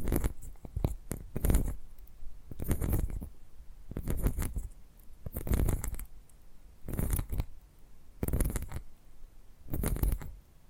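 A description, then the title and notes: Purring-style triggers arrive as short rustling bursts, each about half a second long, repeating every second or two in a loose rhythm. Each burst is crisp and textured from low rumble to bright hiss, separated by quiet gaps. ASMR Brain Tingly Purring Triggers for Sleep (No Talking).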